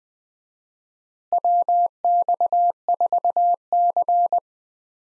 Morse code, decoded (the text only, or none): WX4C